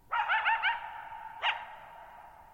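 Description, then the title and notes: Coyote giving a quick wavering yip series, then a sharp bark, both ringing out in a long echo. One coyote at night, July 14, 2019, near Thirtymile Meadows, Okanogan National Forest, Okanogan High Country, Pacific Northwest, 6400 ft (1950 m), shallow bowl-shaped meadow on a high dry plateau. "Lone Coyote at Thirtymile Meadows. night of July 14, 2019, camped near Thirtymile Meadows in the Okanogan National Forest at 6400 ft (1950 m)"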